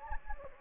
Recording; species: mosquito wingbeat signal from an infrared sensor; Anopheles gambiae